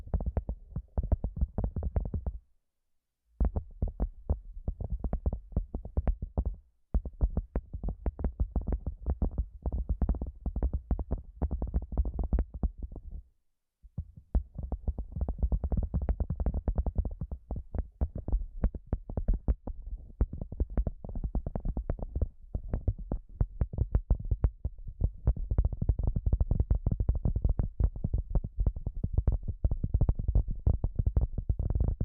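ASMR massage triggers picked up through headphones used as a microphone: a dense run of soft, rapid tapping and rubbing thuds, heavy in the low end with little brightness. The patter is nearly continuous, broken by brief silences around 3, 7 and 14 seconds, and grows fuller toward the end.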